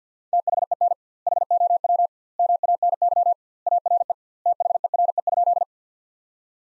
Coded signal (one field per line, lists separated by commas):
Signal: Morse code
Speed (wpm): 51 wpm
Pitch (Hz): 700 Hz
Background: none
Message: THEN HOW MANY ARE THERE?